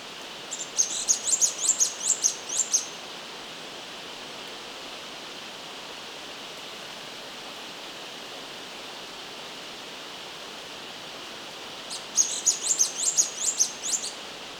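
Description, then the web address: Orange-crested flycatcher calls: two bursts of rapid, thin, very high chattering notes, one at the start and one near the end, over steady hiss. Recorded in Ecuador. "S America Birds of Ecuador. Orange-Crested Flycatcher"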